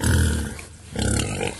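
Pig grunting: a low, rough grunt, a short lull, then a second, slightly quieter grunt.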